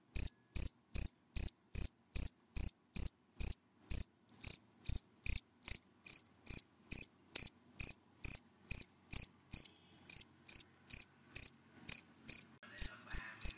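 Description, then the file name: Cricket chirps in a long, steady series of sharp high pulses. Crickets calling, given by the Vietnamese names dế mèn, dế cơm and dế than. "Tieng de men de com de than keu"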